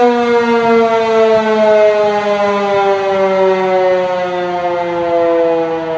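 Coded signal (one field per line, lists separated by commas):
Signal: siren signal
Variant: RM-130 rotating siren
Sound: continuous loud droning siren tone slowly sliding lower in pitch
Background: outdoor ambience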